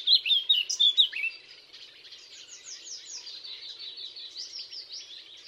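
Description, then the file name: Eurasian blackcap giving a loud, fluty warbled phrase lasting about a second, then quieter repeated down-slurred notes. "Sylvia atricapilla"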